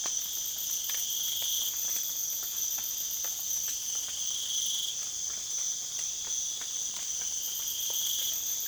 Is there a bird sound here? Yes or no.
no